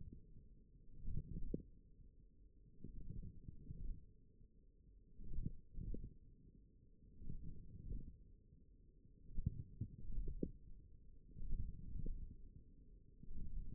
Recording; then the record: forearm muscle sounds (acoustic myography)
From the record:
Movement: wrist flexion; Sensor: system 1, eight BSWA MPA416 microphones around the upper forearm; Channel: 4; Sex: male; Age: 42 years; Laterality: right